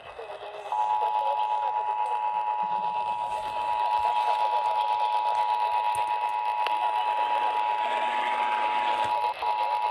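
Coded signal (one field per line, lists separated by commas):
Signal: Emergency Alert System (SAME) tones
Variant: 853 and 960 Hz attention tone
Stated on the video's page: Received EAS alerts from a Utah required monthly test.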